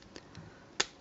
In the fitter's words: like so you're just going to lock that into place lock